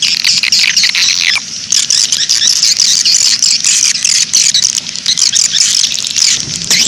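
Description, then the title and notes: Swiftlet calls as a dense high-pitched twittering, with clicking chirps and a faint low hum beneath. Sound used in swiftlet farming in Asia. "Swiflet Bird Sound. Farming Swiflet Bird asia sound"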